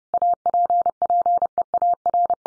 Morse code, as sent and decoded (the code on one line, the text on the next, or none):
.- .--. .--. . .- .-.
APPEAR